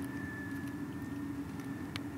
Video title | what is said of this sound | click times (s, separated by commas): Neue LED Blinker V2 Moto Nostra für Vespa GTS 300 | ici, les petits là, il n'y a qu'une seule option de connexion, vérifiez toujours qu'il s'enclenche bien rentré | 2.0 s